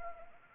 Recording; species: mosquito wingbeat signal from an infrared sensor; Anopheles arabiensis